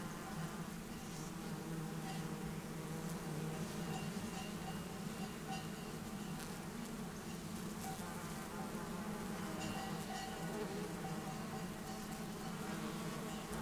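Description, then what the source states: Bumblebees and other insects droning steadily, a low continuous buzzing hum filling the whole stretch against a soft outdoor hiss. Bumblebees and other pollinators flying flower to flower for nectar, warm morning after overnight cloud cover, 6500-foot meadow at south end of Taylor Lake, Russian Wilderness, Klamath National Forest, Siskiyou County, California.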